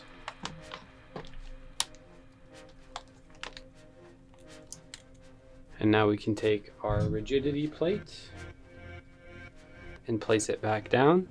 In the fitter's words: we're just going to push it down and make sure it clicks over all of the standoffs